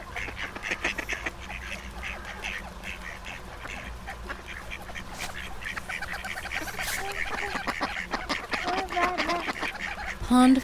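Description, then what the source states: Duck flock quacking in overlapping bursts, ending with a brief loud harmonic honk. Flock of ducks on a pond.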